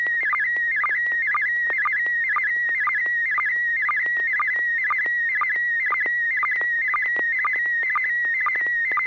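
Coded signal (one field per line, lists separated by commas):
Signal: SSTV (slow-scan television)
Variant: PD120 mode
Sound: continuous warbling whistle shifting pitch, with short low blips about twice a second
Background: low hum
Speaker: well this is going to be on uh pd120 and if i can get the thing to quit switching we'll give it a shot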